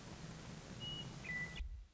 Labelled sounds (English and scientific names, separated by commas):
Western Meadowlark (Sturnella neglecta)